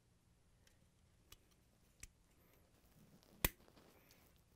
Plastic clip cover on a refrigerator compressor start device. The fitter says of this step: hear the click